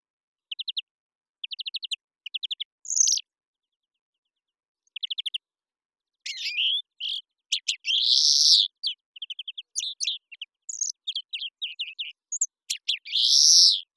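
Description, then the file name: European greenfinch twittering in bursts of short rapid trills, later mixed with drawn-out buzzy wheezes and chirps, delivered in quick varied phrases with brief pauses. "Chloris chloris"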